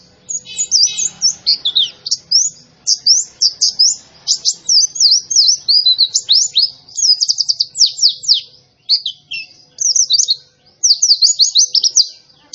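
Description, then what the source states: White-eye delivering lively, high, sweet chirping phrases in quick runs separated by short gaps. Young bird, described as gacor (singing persistently and energetically).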